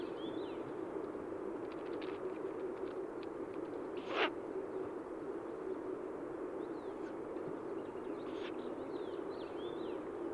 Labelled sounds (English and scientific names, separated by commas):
Ural Owl (Strix uralensis) call